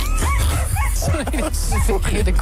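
dogs barking and yipping

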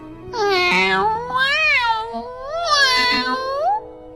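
cat meowing

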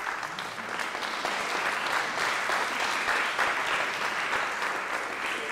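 audience clapping

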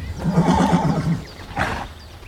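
horse neighing

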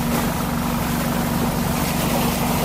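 motorboat engine running

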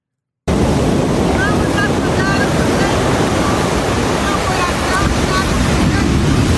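ocean waves and wind

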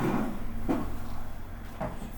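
door being closed

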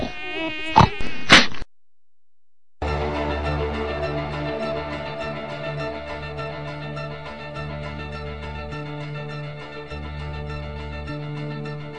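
mosquito buzzing

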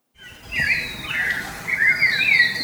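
bird singing

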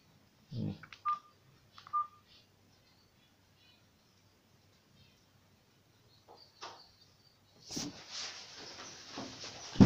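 telephone keypad dialing tones

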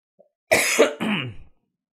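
coughing

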